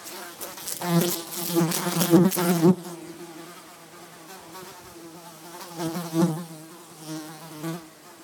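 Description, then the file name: Fly buzzing with a low, wavering hum that swells and fades, louder and harsher in the first few seconds. An angry fly buzzing indoors in a studio. "Sibegg Audio Untensil Angry Fly In My Studio"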